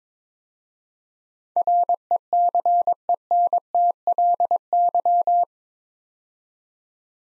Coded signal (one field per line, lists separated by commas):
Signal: Morse code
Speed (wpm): 22 wpm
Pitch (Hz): 700 Hz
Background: none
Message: RECENTLY